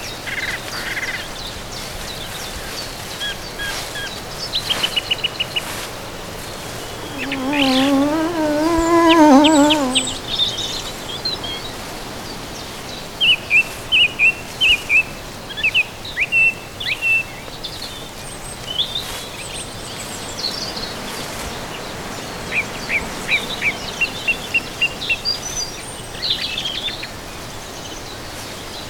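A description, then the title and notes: Forest ambience with a steady low hiss and scattered bird calls. Around seconds 7 to 10 a wavering, buzzy call rises and falls, then a bird repeats quick, bright chirps from about 13 to 19 seconds, with more twittering near the end. Forest. Soundscape.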